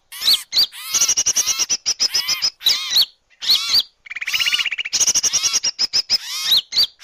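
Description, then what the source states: Bird calls: rapid high chirping bursts and whistled notes, a buzzy rattling trill midway, in choppy repeated phrases. Bird lure call (pikat), described as a thousand birds.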